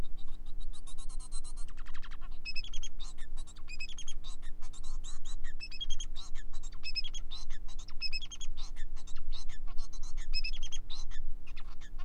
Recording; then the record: song of a male Bengalese finch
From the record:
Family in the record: son of father 4